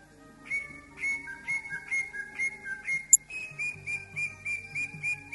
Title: Burung Cucak Ijo